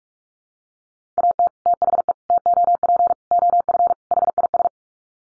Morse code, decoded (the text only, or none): AT THE TOP OF HIS